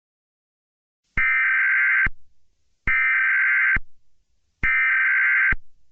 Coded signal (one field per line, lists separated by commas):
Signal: Emergency Alert System (SAME) tones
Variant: header bursts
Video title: EAS Scenario #6: Vaults' Awakening